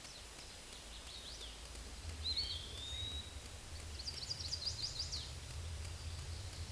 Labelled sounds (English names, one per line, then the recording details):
Eastern Wood-Pewee song
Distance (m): 25 m
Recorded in a Pennsylvania forest on 18 May 2023 at 13:41
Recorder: AudioMoth, point grid1_38_low
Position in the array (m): 204 m, 176 m